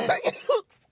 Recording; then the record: coughing mixed with background sound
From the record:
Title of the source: choking, hacking coughing